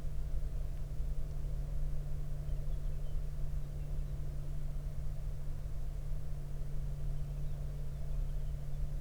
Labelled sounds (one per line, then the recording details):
songbird
aircraft
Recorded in the Prudhoe Bay oil fields, Alaska, on 23 May 2019 at 20:04
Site 14